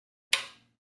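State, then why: Seated. A pre-installed plastic connector on a Michelin Hydroedge hybrid wiper blade is pushed into a top-lock wiper arm. A single sharp click sounds at 0.3 s and fades quickly, with silence before and after. The connector latches and is seated in the arm.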